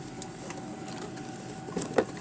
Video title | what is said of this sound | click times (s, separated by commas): Instalation video of 6 stall roundhouse | and snaps in place the | 2.0 s